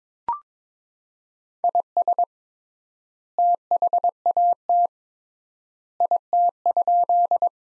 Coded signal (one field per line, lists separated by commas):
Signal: Morse code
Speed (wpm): 21 wpm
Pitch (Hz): 700 Hz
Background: none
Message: IS THAT IT?